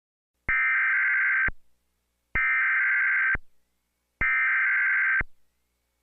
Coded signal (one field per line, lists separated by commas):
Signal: Emergency Alert System (SAME) tones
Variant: header bursts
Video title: EAS Scenario #1: The Green Virus